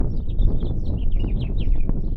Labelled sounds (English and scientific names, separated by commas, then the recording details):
House Finch (Haemorhous mexicanus) song
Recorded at Point Lookout on Long Island, New York, on 2 June 1975
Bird C